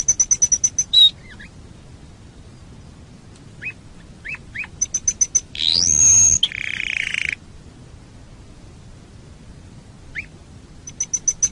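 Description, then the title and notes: Canary song: bursts of rapid high trills, scattered short chirps, and a loud buzzy warbled phrase around the middle, with quieter gaps between phrases. Masteran canary song, a training recording played to caged birds to make them sing more. "PANCINGAN SUARA MASTERAN KENARI BIKIN BURUNG MAKIN MENGGILA. masteran kicau kenari"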